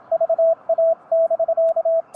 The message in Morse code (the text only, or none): VA<BK>